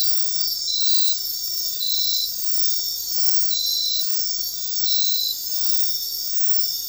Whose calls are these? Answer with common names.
none